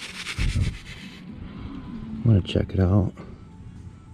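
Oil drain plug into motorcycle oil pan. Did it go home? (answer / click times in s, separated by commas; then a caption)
no / none. Someone talks while handling the metal oil drain plug for the oil pan of a 1998 ElectraGlide Classic motorcycle during an oil change. The plug felt tough going in, so it is backed out and realigned to make sure it is not cross-threaded before threading it back in smoothly. Only handling sounds are heard; nothing has seated or clicked yet.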